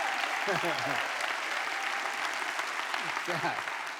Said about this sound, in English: And to me, that was the weakest clap I have ever heard in my life. So you better clap right.